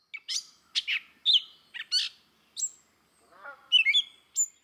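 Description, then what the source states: Gray Catbird song: a string of varied, squeaky and scratchy phrases separated by brief pauses. Song described as having a mischievous, bantering, half-ironical undertone, as if mimicking and disconcerting other songsters.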